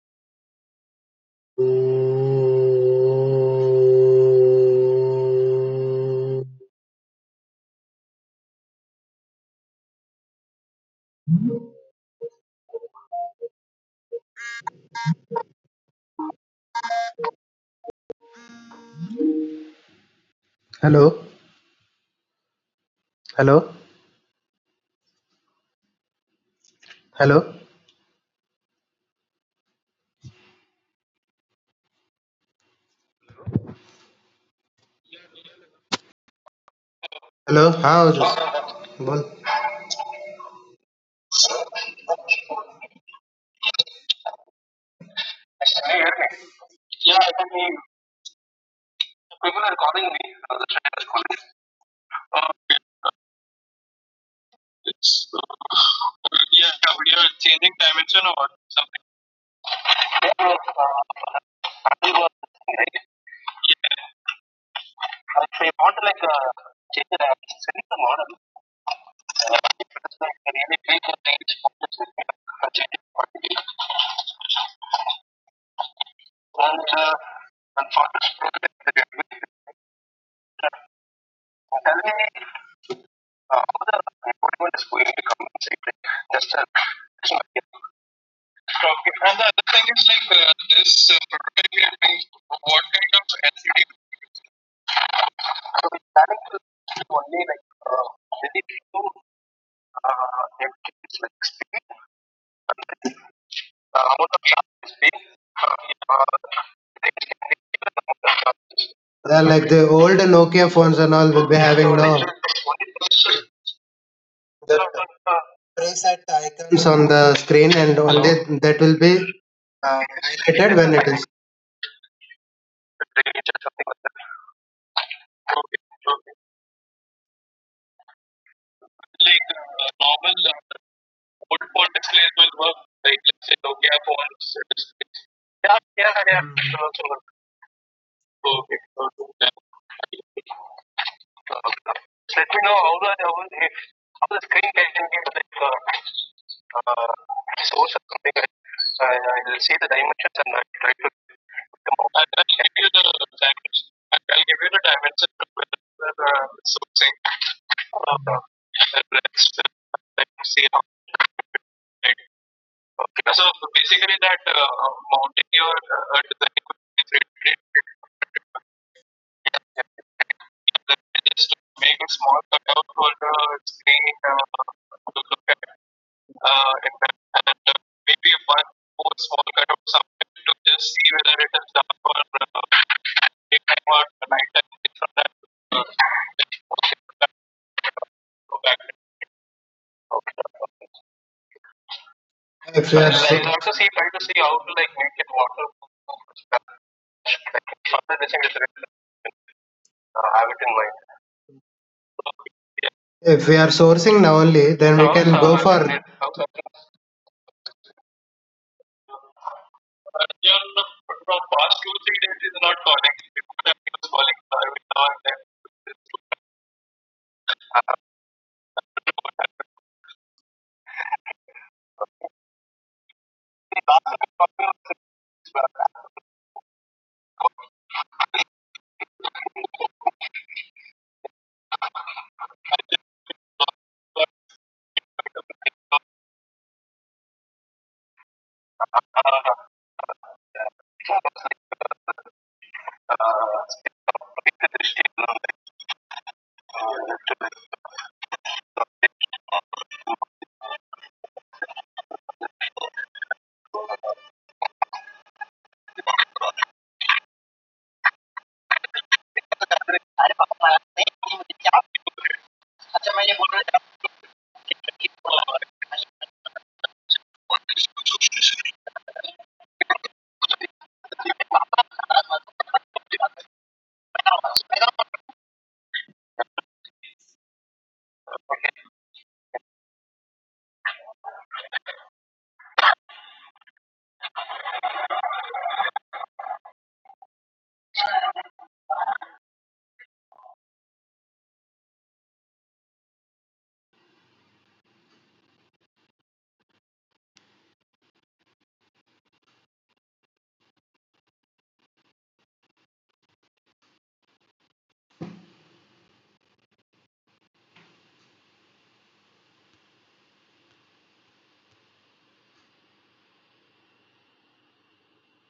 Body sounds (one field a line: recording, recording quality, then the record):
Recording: sustained vowel as in boot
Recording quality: poor, much background noise or distortion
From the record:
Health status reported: healthy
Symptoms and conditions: none ticked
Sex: male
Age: 26 years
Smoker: not ticked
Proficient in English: yes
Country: India